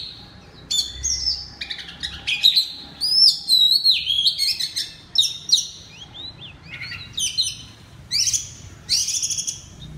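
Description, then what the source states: Oriental magpie-robin song: rich, warbling whistles and quick rising and falling chirps, in dense bursts with brief gaps between them. Singing loudly in the 'ngeplong' song style.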